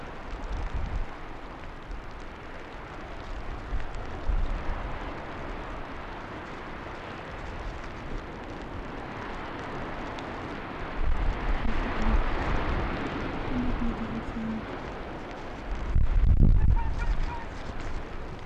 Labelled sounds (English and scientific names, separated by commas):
Arctic Fox (Vulpes lagopus)